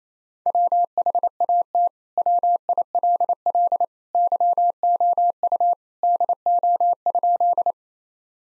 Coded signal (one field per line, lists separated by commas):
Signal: Morse code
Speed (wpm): 28 wpm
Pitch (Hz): 700 Hz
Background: none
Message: WHAT WILL YOU DO?